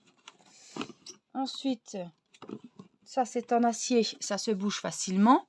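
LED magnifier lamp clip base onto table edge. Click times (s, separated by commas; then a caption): 0.3 s, 0.8 s. The clip base of an LED magnifier lamp is fitted onto the edge of a kitchen table, with two short snap-like clicks at 0.3 s and 0.8 s as it clips on and seats. Someone then talks, and a few faint ticks follow around 2.4–2.8 s.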